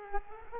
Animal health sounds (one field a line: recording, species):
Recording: mosquito wingbeat signal from an infrared sensor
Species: Culex quinquefasciatus